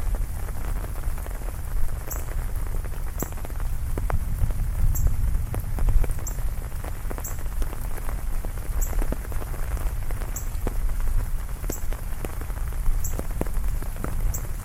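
Heavy rain falls steadily, a dense hiss of drops with scattered sharper taps. A deep, continuous low rumble sits underneath. Short, high chirps repeat roughly every second or so throughout.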